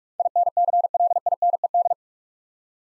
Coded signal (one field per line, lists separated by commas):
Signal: Morse code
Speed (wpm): 44 wpm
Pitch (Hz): 700 Hz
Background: none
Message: INCLINED